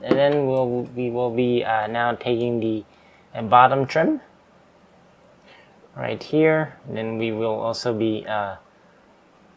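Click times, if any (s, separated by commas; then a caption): none. Someone talks while picking up the bottom trim piece for a scale model Aston Martin DB5 car body and positioning it for fitting, with only quiet handling in the pauses between speech. Nothing has seated or clicked into place yet.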